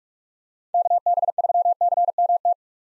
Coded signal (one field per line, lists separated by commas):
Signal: Morse code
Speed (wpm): 43 wpm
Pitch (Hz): 700 Hz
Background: none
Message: KB3CMT